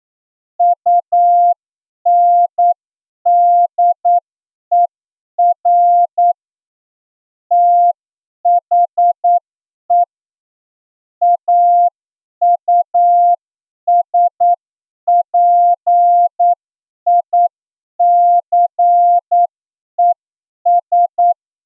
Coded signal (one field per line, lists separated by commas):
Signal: Morse code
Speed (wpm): 9 wpm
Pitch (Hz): 700 Hz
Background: none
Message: UNDER THE AUSPICES